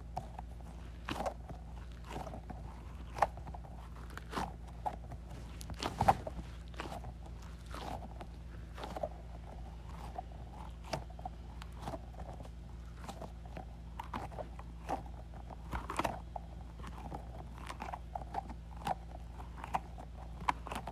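A squishy goo ball is squeezed over and over, giving short wet clicks and squelches that come every second or so, sometimes in quick pairs. A steady low hum runs underneath throughout, and a sharper squelch stands out around six seconds.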